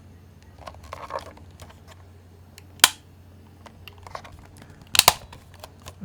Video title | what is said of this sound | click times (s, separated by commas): SMDV Flip 32 G Review w/ Godox AD200 Pro | for the 8200 and 8200 Pro you want to hear two clicks of tightening | 2.8 s, 5.0 s